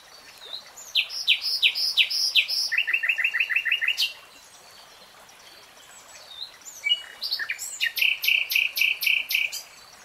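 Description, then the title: Nightingale song: two bursts of varied phrases, each running into fast repeated staccato notes, with a short quiet pause between them. Three-hour real-time recording. "[Tiếng chim hót] Nightingale Singing"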